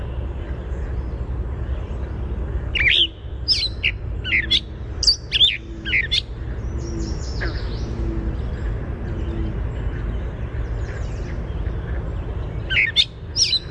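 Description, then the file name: Gray catbird song of scratchy, squeaky notes and slurs in a burst midway, quieter notes after, then a short phrase near the end, over constant low rumble. "GRCA song"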